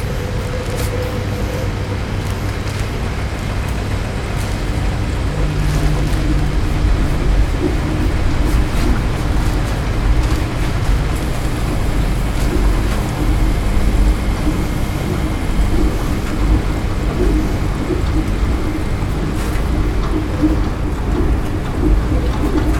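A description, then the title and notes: Laundromat machines run in a steady, dense low rumble that fills the whole clip at an even level. Brief tones sound near the start and around six seconds, and scattered clicks and clatters break through every few seconds. LAUNDROMAT.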